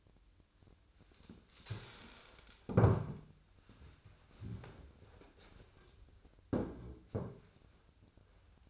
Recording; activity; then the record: daily activity, microphone in the room; stand up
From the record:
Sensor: 2